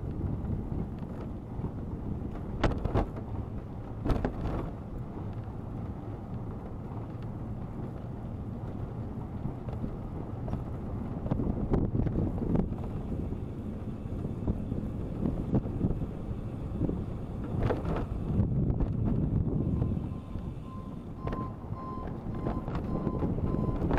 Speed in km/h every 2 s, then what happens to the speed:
15, 14, 17, 16, 13, 11, 19, 14, 21, 17, 13, 21.
0-20 steady at about 15. 20-24 speeds up to 21.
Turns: 17-22.